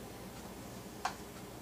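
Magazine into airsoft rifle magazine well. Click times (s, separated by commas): 1.1 s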